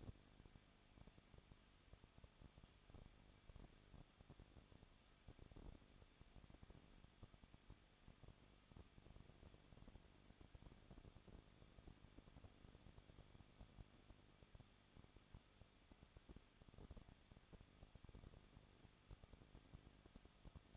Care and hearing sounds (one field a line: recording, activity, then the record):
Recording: daily activity, microphone in the room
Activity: no activity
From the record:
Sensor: 4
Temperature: 23.1 degrees Celsius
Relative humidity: 34.3%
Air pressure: 1007.2 hPa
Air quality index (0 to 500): 213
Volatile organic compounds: 14 ppm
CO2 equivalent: 2461 ppm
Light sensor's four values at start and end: 2/3/1/1 and 2/3/1/1